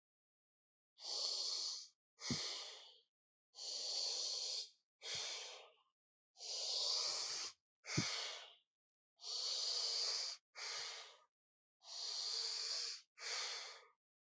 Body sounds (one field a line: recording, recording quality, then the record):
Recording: deep breathing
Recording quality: excellent, no background noise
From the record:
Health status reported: healthy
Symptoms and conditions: hypertension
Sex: male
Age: 55 years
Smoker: not ticked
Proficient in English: yes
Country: India